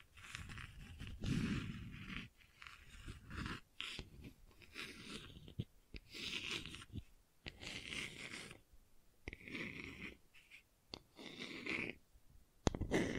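Gentle scratching comes in soft, raspy strokes lasting a second or two each, separated by brief silences. The scraping has a breathy, hissing texture with a low rumble underneath, and a sharp tap lands near the end.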